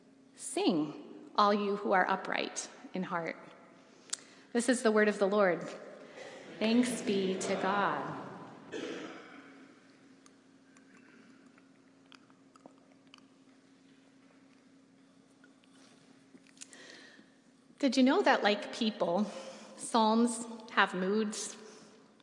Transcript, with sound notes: Sing, all you who are upright in heart." This is the word of the Lord.
(coughs) Thanks be to God.
Did you know that like people, psalms have moods?